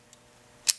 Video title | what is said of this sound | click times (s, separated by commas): Cheapest Gerber EOD MP600's (FAKE), Ever? Only $13!! | So this right here locks in place. | 0.7 s